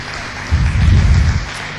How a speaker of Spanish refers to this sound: Buenísimo, un aplauso